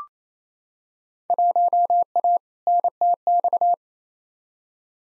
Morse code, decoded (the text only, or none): 1A NTX